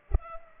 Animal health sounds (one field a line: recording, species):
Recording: mosquito wingbeat signal from an infrared sensor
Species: Culex pipiens